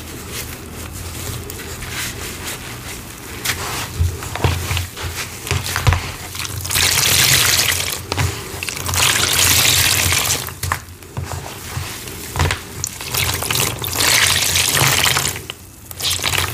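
Wet squishing and squeezing of soapy paste and sponge, with bursts of crackling bubbles around seven and twelve seconds over a low hum.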